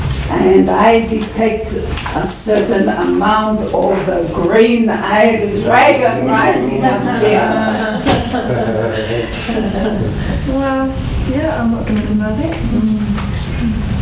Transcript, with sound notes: And I detect a certain amount of the green eyed dragon rising up there. (Laughter) Well yeah I'm not going to deny that.